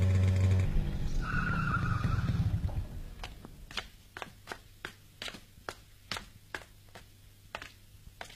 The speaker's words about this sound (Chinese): 在深夜寂静的街上，一辆摩托车飞速地穿过大街小巷，停在田海家的门口。